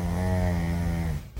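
A single drawn-out snoring breath from a pug lasts about one second. It has a low, steady, buzzing tone with many even harmonics, then fades into a faint tail and ends with a short louder burst. It is a typical snore, with airway tissue vibrating during breathing.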